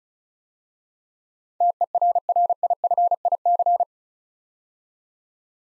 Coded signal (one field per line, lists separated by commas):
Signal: Morse code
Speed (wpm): 36 wpm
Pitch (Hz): 700 Hz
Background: none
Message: TERRIFIC